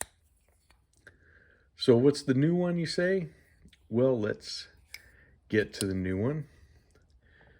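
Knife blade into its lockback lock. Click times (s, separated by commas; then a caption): 0.0 s. The single blade of an Old Timer 194 lockback trapper pocket knife is opened until the lock engages, giving a sharp click at 0.0 s as it locks in place. A few faint ticks follow, and then someone talks.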